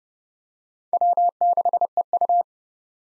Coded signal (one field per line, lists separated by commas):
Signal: Morse code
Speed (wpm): 32 wpm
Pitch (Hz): 700 Hz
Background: none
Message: W6EU